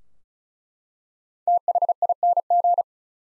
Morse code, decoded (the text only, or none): THING